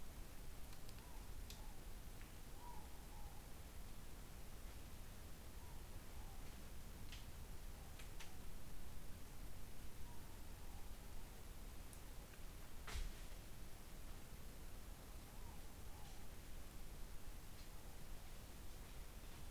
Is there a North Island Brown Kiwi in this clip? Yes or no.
no